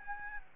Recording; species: mosquito wingbeat signal from an infrared sensor; Aedes albopictus